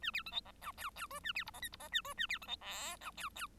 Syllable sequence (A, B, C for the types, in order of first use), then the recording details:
A B C D E F G G H A B I E J I E A H A B C D K F G G. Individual Bird1